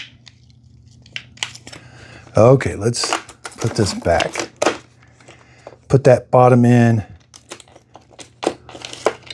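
After cleaning, a removable plastic part is being refitted, bottom edge first, into the cleaning head of a Shark Carpet Xpert Hair Pro StainStriker EX301 carpet cleaner. Someone talks while sharp plastic knocks and rattles land around 1.2–1.7 s and 8.5–9.3 s, with softer crinkling handling in between. The part does not go in, and nothing has seated or clicked yet.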